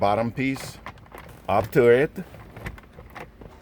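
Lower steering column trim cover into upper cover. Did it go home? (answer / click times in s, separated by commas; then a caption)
yes / 2.8 s, 3.2 s. A lower plastic steering column trim cover is brought up to the upper cover and pressed so its clips snap together. Someone talks at the start, then short clicks are heard, with the covers snapping into place at 2.8 s and 3.2 s, leaving the cover seated.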